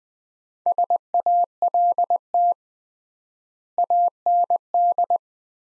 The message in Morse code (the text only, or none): SALT AND